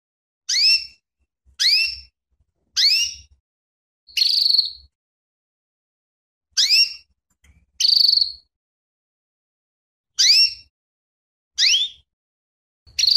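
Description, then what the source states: Canary giving repeated sharp sweeping chirps, broken by occasional longer buzzy notes, spaced irregularly. Female canary, calling in the state known in Indonesian as lenjeh.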